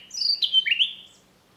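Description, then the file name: Common nightingale song fragment: a brief whistled phrase of sliding high notes, falling and rising, under a second long. "Luscinia megarhynchos"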